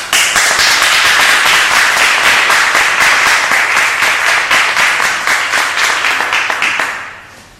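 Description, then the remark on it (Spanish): An audience at a city council plenary session applauds a mother's speech, loudly and steadily for about seven seconds, dense overlapping claps with a few sharper individual slaps, before quickly fading out at the end. No one speaks. “Bien, os he dejado los aplausos porque creo que se merecía los aplausos.”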